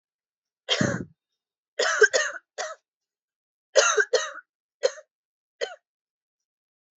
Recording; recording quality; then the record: heavy voluntary cough; excellent, no background noise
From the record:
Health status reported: exposed to COVID-19, no respiratory illness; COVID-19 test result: negative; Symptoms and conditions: none ticked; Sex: female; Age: 27 years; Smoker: not ticked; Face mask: not worn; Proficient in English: yes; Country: India